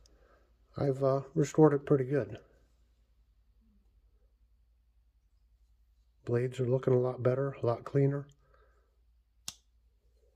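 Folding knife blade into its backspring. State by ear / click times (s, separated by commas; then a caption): seated / 9.5 s. A blade of a refurbished vintage Craftsman stockman folding knife, model 9470, is worked against its backspring after cleaning and polishing. Someone talks twice, then after a quiet pause the blade snaps sharply into position with a single crisp click at 9.5 s, seated.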